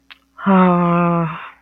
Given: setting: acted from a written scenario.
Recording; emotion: vocal sound without words; guilt